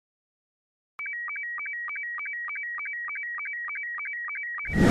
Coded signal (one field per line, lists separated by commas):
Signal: SSTV (slow-scan television)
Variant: Robot 72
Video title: Club Talk - Learning CW Changed My Life - 13/05/2025